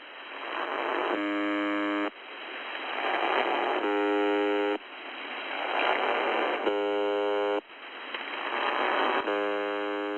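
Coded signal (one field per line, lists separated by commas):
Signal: channel marker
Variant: UVB-76 (The Buzzer)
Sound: four harsh one-second buzzes, each about 2.7 seconds apart, over hissing static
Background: radio static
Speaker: it's since become a bit of a cult entity amongst radio and non-radio users alike due to its almost constant buzzing on 4625 kilohertz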